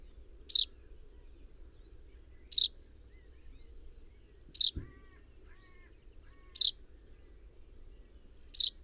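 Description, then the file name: Common chaffinch repeating a sharp, high single note every two seconds, five notes in total, with a soft thin whine and light background rumble. "Fringilla coelebs"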